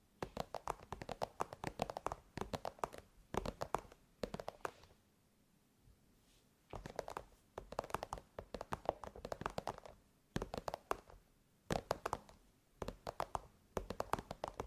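ASMR tapping in quick, uneven bursts of crisp knocks, clustered in runs with short pauses between them. A longer quiet gap falls around the five-to-seven second mark before the tapping resumes, with a few sharper, louder hits near the end.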